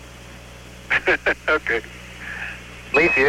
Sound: laughter